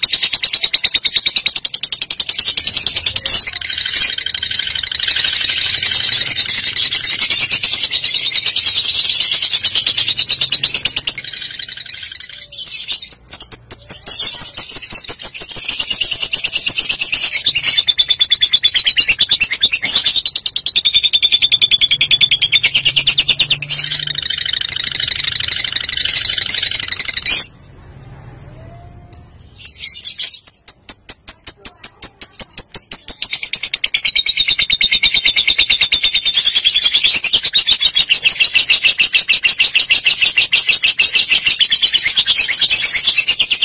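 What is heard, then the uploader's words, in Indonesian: A lovebird sings long, dense, bright chattering phrases, breaking into clicking pauses around 12 and 28 seconds before resuming strongly. LOVEBIRD KONSLET, VARIASI TEMBAKAN. Lovebird Dewasa.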